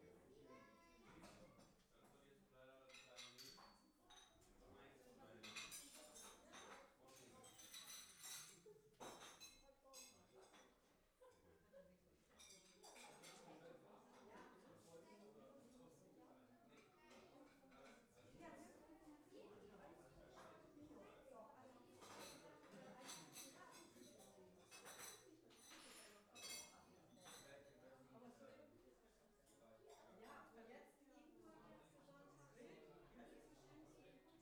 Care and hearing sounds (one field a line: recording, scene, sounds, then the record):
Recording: everyday scene through a hearing-aid microphone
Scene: many people talking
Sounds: many voices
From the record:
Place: parish hall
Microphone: behind the ear, left, front